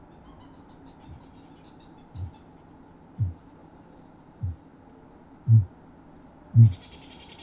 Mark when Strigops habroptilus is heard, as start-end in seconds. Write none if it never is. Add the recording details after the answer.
0.87-1.26, 1.97-2.41, 3.01-3.48, 4.33-4.65, 5.28-5.82, 6.46-6.85. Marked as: faintness 5/5, faintness 3/5, faintness 2/5. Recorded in New Zealand. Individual Sirocco